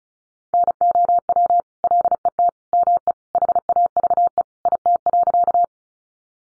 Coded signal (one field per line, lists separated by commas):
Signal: Morse code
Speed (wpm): 34 wpm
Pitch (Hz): 700 Hz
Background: none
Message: NOW LET ME HAVE IT.